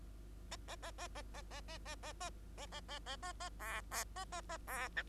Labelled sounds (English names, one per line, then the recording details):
Bengalese Finch song
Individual Bird2